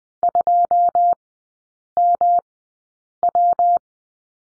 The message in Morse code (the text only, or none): 2MW